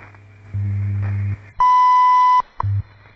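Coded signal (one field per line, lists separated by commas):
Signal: radio time signal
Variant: WWV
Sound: low humming buzz, then a clear high beep lasting under a second, then brief hum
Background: radio static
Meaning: The 0.8-second 1000 Hz tone marks the start of a new minute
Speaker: at the tone 21 hours one minute coordinated universal time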